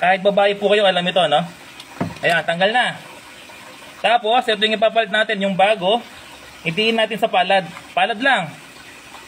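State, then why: Not seated. A new replacement part is being handled for a washing machine's spin dryer assembly, about to be pressed in with the palm of the hand, while someone talks throughout. Nothing has seated or clicked yet.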